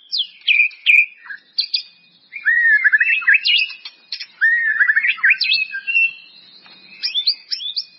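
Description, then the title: White-rumped Shama song of sharp whistles and quick, looping warbled phrases, in bursts separated by short gaps. "murai batu"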